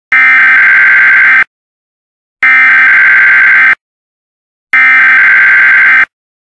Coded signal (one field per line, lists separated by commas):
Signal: Emergency Alert System (SAME) tones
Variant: header bursts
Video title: Mock EAS Tornado Warning Chicago